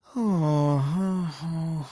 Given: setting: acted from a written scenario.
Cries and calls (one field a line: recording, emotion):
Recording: vocal sound without words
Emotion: guilt